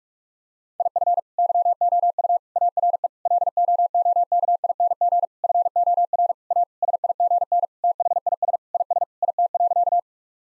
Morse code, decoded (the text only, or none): IF YOU ARE LOOKING FOR A SIGN THIS IS IT.